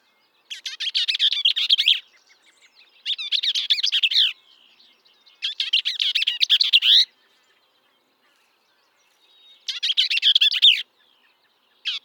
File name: Bell's vireo